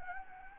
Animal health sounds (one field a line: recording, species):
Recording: mosquito wingbeat signal from an infrared sensor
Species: Anopheles gambiae